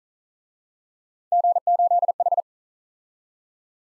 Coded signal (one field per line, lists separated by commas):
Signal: Morse code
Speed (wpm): 42 wpm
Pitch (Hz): 700 Hz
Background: none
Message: G8H